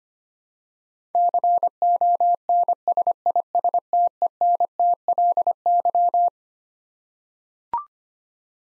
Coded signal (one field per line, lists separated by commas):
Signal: Morse code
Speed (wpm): 25 wpm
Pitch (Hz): 700 Hz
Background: none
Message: CONSISTENTLY